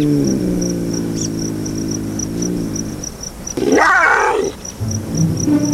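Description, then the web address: Cougar yowling in long, low, steady harmonic moans, then a sudden harsh snarl-like burst and further moans, over a steady high pulsing ticking. Cougars recorded while mating. "Greg Cougar Cougars Mating"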